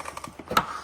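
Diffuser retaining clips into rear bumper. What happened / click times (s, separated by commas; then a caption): A plastic retaining clip snapped into place / 0.6 s. Plastic retaining clips on a Model X real dry molded carbon fiber rear diffuser are pushed into the rear bumper. A few light ticks are followed by a sharp snap at 0.6 s as a clip locks into place, and the clips are seated.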